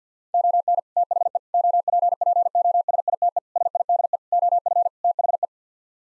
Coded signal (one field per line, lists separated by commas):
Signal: Morse code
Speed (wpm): 50 wpm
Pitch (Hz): 700 Hz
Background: none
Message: ON THE OPPOSITE SIDE OF THE